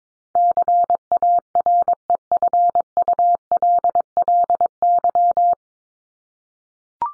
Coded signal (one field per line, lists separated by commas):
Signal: Morse code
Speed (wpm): 22 wpm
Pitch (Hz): 700 Hz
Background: none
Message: CAREFULLY